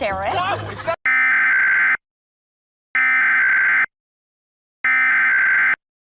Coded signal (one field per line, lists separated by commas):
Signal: Emergency Alert System (SAME) tones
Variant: header bursts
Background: speech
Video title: Blizzard's Power - A Short EAS Scenario